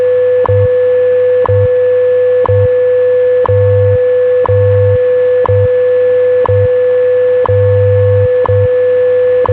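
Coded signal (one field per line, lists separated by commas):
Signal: radio time signal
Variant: WWV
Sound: steady mid-pitched tone broken by a sharp tick every second, low buzzing pulses underneath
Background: radio static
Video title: WWV 2500 kHz - Tecsun PL365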